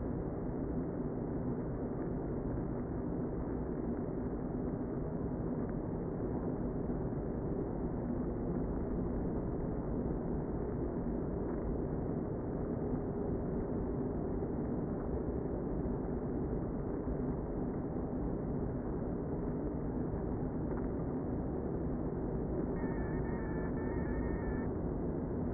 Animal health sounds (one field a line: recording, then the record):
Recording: honeybee colony, microphone inside the hive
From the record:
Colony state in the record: queen present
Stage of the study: before two queens were removed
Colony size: about 60,000 bees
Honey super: yes